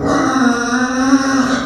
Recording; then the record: squeal of a Yucatan mini pig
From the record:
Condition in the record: after surgery on the right vocal fold (resection and tissue-engineered implant); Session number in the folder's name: 7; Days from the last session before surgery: 47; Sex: female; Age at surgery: 19 weeks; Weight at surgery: 25 kg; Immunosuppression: prednisolone